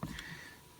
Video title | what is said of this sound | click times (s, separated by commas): Boudica Flat Faced Trigger for SDVE Series of Pistols | right we're gonna hear it click like that click right in place | 0.0 s, 0.2 s